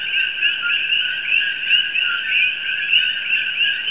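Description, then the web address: Many common coquís overlap in a constant high-pitched chirping chorus, the whistled notes blending into one steady throbbing wall of sound. "Audio Coqui"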